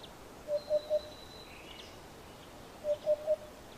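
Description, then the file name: Eurasian hoopoe song: soft, low hooting triplets, oop-oop-oop, given twice a couple of seconds apart against a faint background hiss. "Abubilla"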